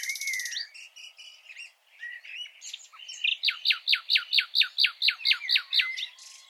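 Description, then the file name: Common nightingale song: a buzzy opening note and varied phrases, then a long rhythmic series of loud repeated notes. "Luscinia megarhynchos"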